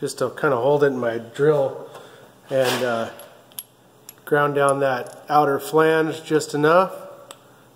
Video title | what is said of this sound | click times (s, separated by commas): VW 1.8t 20v build, O2j gearbox tare down and OBX LSD rebuild and prep | it's kind of snaps right into place now | 7.3 s